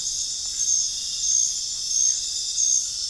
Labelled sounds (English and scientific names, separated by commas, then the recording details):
none
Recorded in pastures near Puerto Asís, Putumayo, Colombia, on 25 June 2025 at 21:30
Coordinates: 0.466, -76.322
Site GP07